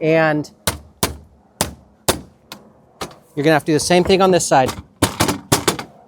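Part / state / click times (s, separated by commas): plastic trim piece out of its clips in the vehicle interior / released / 1.0 s, 1.6 s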